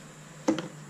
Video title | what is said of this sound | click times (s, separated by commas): HOW TO: REMOVE & PAINT ALL INTERIOR PLASTICS IN A WRANGLER | all it actually does is just pop out it's actually held in well these | 0.5 s, 0.6 s